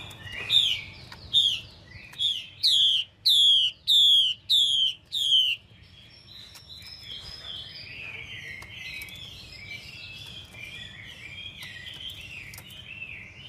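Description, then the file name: Chinese hwamei: a series of loud, clear downslurred whistles, then a softer, rambling warble of varied twittering notes. Female hwamei calling to stimulate a male. "Tieng chim hoa mi mai kich trong"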